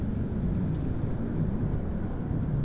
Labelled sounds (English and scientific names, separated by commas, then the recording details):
Song Thrush (Turdus philomelos)
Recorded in Germany
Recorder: ecoPi